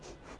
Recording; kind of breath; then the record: one breath in and out by a microphone near the nose and mouth; strong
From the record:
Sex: female